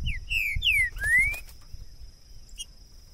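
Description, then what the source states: Green-winged saltator song: a short run of clear whistled slurs ending in one long rising note, then quiet with faint low background rumble. Two birds taken into the woods in 2022; chirping, singing and male challenge calls in a dispute, used to warm up a bird for singing competition.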